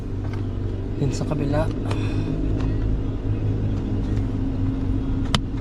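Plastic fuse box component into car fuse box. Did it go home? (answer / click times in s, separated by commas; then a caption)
yes / 5.3 s. A plastic fuse box piece is pressed home on its second side into a car's fuse box while installing a SinoTrack ST-901 GPS tracker, with someone talking over a steady low rumble. A loud, sharp click comes at 5.4 s, and the piece is locked in place.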